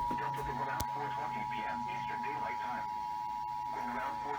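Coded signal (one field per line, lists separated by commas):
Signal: Emergency Alert System (SAME) tones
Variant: 853 and 960 Hz attention tone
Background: speech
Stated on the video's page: Real alerts received mostly on NOAA Weather Radio transmitter KEC92, some on WXM57 and KJY99, and one on television station WHRO-TV.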